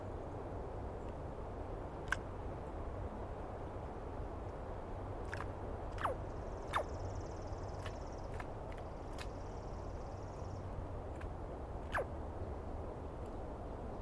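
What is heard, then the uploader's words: A Douglas pine squirrel gives sharp, scattered calls, some sweeping downward, at about two seconds and in a cluster between five and twelve seconds. A thin high whistling tone holds from roughly six to ten seconds over a steady low rumble. I set up my microphones and recorder for a nice dawn recording in the East Cascades. I was started awake by a screaming Douglas Pine Squirrel.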